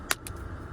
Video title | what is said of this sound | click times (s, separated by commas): Changing the Battery in a 2021 Genesis G90 Smart Key | Should click | 0.1 s